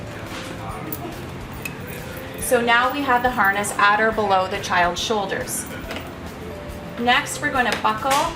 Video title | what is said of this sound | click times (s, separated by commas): 2018 UPPAbaby MESA Infant Car Seat | and then push this down and then you should hear it lock | 1.7 s